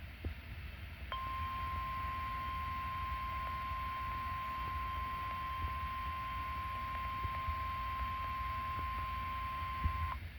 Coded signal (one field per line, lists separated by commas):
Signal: Emergency Alert System (SAME) tones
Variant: 1050 Hz attention tone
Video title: 8-6-2025 Required Weekly Test (EAS #20)